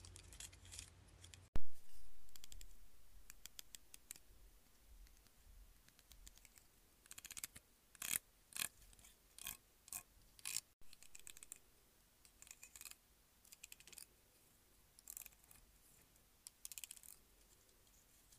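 A hair clip being handled in a run of sharp clicks and snaps. One loud snap comes at about one and a half seconds, then quieter clicks arrive in irregular clusters, some rapid like typing, with brief gaps of near silence between them.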